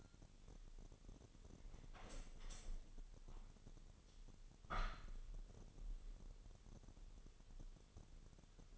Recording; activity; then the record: daily activity, microphone in the room; open window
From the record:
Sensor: 4